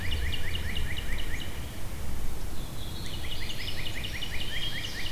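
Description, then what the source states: Birds singing: quick repeated chirps in two fast series, with higher thin notes, over a constant low background rumble. Birds recorded at Shawnee.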